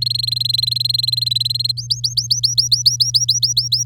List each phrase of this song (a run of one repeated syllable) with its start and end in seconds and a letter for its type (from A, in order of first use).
0.02-1.72 A, 1.77-3.83 B